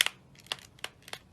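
A plastic leg and thigh joint of a 1/6 scale clone trooper figure is moved through its ratcheted positions in the hip/thigh socket. It gives short, sharp clicks as it steps into each position. The joint clicks into position at 0.0, 0.5, 0.8 and 1.1 seconds.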